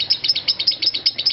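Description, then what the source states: Lovebird with quick, squeaky chirps in a short burst, several sharp high notes repeated in close succession. Konslet song style.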